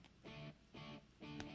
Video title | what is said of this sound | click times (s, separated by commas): Star Wars Black Series Luke Skywalker ANH | There we go. You can hear it clicking in there. | 1.4 s